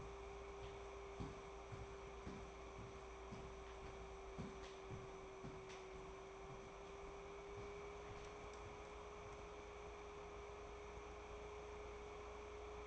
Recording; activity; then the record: daily activity, microphone in the room; walk to room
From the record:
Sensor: 1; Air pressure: 1010.5 hPa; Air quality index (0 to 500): 170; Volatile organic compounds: 12 ppm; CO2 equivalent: 2349 ppm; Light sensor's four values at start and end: 54/142/58/75 and 59/153/63/82